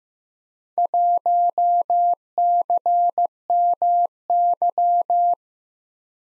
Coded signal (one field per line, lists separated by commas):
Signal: Morse code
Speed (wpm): 15 wpm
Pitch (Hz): 700 Hz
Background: none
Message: 1CMY